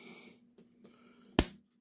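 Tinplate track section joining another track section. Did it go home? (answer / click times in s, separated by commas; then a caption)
yes / 1.4 s. Two 1930s Märklin tinplate model railway track sections are pushed together, with the metal locking tab sliding into the hole. After faint hiss and light scraping, a single sharp metallic click sounds at 1.4 s and fades quickly. The sections are locked in place and will not come apart.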